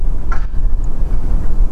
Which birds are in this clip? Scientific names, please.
Turdus philomelos